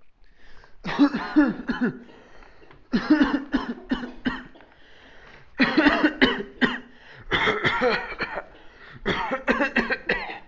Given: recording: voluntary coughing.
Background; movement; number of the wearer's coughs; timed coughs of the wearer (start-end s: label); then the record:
a bystander coughing; walking; 17
0.86-1.12 s: cough
1.12-1.64 s: cough
1.64-2.01 s: cough
2.91-3.18 s: cough
3.18-3.51 s: cough
3.51-3.80 s: cough
3.89-4.14 s: cough
4.24-4.65 s: cough
5.57-5.85 s: cough
5.85-6.16 s: cough
6.19-6.46 s: cough
6.59-6.84 s: cough
8.19-8.42 s: cough
9.05-9.43 s: cough
9.46-9.70 s: cough
9.74-10.08 s: cough
10.07-10.43 s: cough
From the record:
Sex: male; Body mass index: 21.0 kg/m2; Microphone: on the chest, facing outward